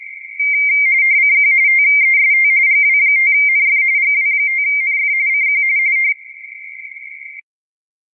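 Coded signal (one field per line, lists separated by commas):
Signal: RTTY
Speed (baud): 45.45 baud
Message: CQ TEST GW5NF GW5NF CQ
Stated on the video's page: QRP operation in the CQWW RTTY 2023 contest, possibly on 10m with 5W and a Moxon antenna.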